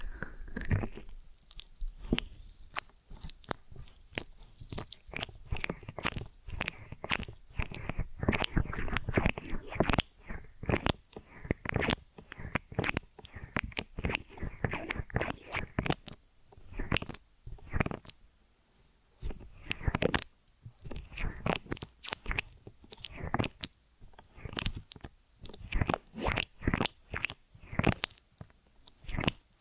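Ear and scalp massage and cleaning sounds: a dense, crunchy stream of rubbing and scratching strokes, fast and irregular, with a rough, crackling texture across low and bright tones. Brief pauses break the bursts near 17 and 20 seconds, then the scratching resumes.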